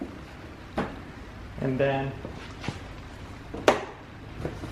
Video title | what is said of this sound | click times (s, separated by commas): 2011-2013 Hyundai Sonata Hybrid - How to Install the New Front Bumper | and it snaps into place | 0.8 s